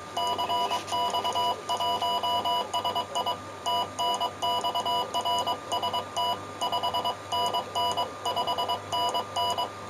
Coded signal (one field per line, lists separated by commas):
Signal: Morse code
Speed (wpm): 22 wpm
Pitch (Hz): 980 Hz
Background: none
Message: CX1SI TNX RST 5NN 5NN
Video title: 29 Setiembre algo de radio RADIOAFICION EN URUGUAY CX1SI GEO